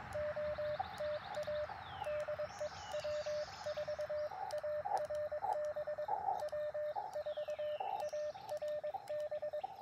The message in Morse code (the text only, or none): OTA DE W4ARB W4ARB